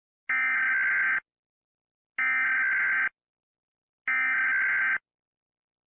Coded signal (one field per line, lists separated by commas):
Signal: Emergency Alert System (SAME) tones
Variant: header bursts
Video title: EF5? - An EAS Scenario